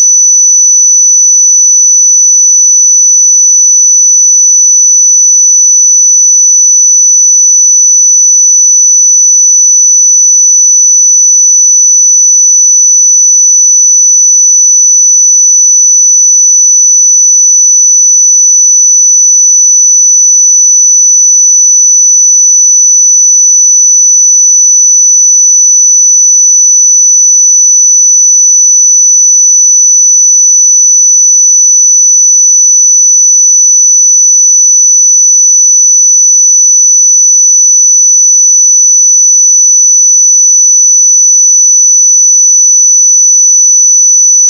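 A pure sine tone at 5973 Hz sounds for the full 45 seconds, thin and piercingly high. It holds perfectly steady in pitch and loudness throughout, with no breaks, no other sounds and complete silence behind it.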